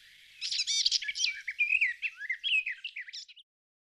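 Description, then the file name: Bird song, a rapid jumble of high chirps, trills and twittering notes lasting about three seconds, then silence. "Birds chirping and tweeting"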